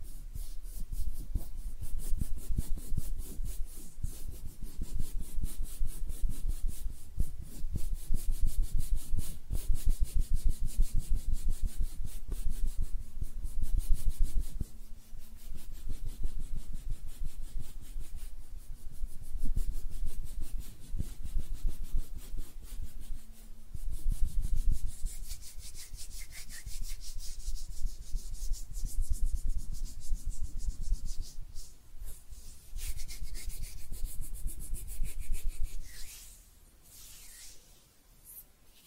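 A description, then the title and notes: Hands rub together in steady, dense, scratchy strokes for about thirty-five seconds, brightening near the end before stopping into near silence. ASMR Relaxing Hand Sounds (No Talking).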